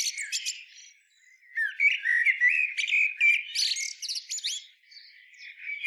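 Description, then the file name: Common blackbird singing busy overlapping phrases, low fluty warbles running into squeaky high twitters, with a brief pause near the one-second mark. "Turdus merula"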